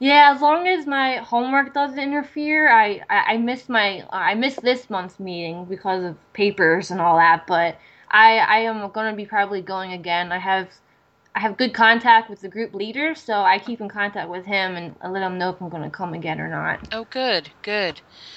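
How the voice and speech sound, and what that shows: Adult woman speaking conversationally with repeated 'I' and glottal blocks: mild stuttering, present since she began speaking and more severe when she was younger, after speech therapy in childhood.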